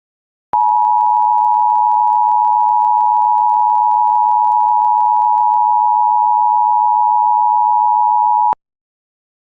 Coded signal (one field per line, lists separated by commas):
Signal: Emergency Alert System (SAME) tones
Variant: 853 and 960 Hz attention tone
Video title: EAS MOCK #18: WMTX Required Monthly Test (NOV 8, 2023)